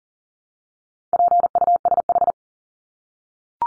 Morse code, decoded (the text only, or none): PUSH